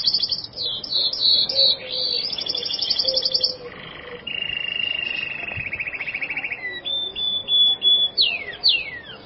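Bird song: rapid buzzy trills and rattling phrases, then pure whistled notes and quick downslurred chirps.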